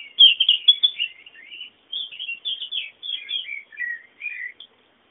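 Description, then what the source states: Bird song, quick high twittering with clipped chirps and short slurred notes in a steady run. Background bird sounds.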